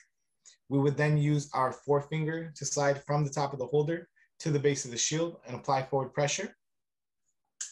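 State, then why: Seated. Someone talks while a forefinger slides from the top of a plastic blood collection needle holder to the base of the safety shield and pushes it forward. A sharp click at 7.6 s marks the needle safety shield locking into place.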